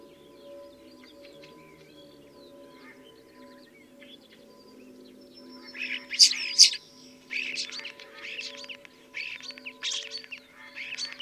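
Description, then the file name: Common starling song begins after a quiet stretch of low hum, then loud scratchy chatter bursts and high squeaks follow. Recorded at Dviete. "dviete sturnus vulgaris"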